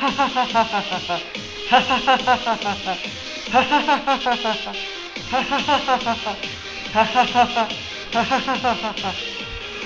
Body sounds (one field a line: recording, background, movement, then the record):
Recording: laughter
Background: music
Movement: sitting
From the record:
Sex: male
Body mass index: 20.6 kg/m2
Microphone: on the chest, facing the body